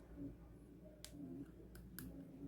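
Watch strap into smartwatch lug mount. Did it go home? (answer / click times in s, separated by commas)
no / none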